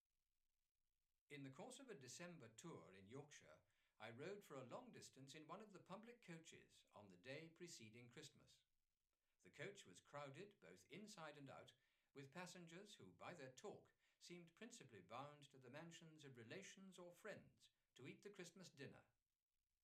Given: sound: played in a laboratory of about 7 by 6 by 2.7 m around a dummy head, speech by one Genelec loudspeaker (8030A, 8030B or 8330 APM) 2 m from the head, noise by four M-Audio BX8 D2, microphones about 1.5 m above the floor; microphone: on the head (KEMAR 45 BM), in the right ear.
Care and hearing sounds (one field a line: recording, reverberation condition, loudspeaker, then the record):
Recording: male speech in English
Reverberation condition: low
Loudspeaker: 90 degrees to the right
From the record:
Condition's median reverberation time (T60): about 310 ms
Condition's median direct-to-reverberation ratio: about 3.5 dB